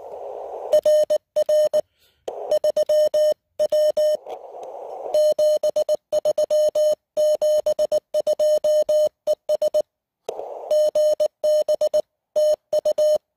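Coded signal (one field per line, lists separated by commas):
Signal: Morse code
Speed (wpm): 19 wpm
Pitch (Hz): 610 Hz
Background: music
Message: RR 3W 73 72 ES GB TU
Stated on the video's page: Hiking portable operation with a (tr)uSDX transceiver and an EFHW antenna.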